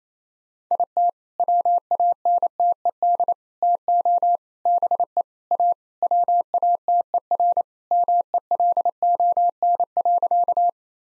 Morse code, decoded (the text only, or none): IT WANTED TO BE A WATER MELON.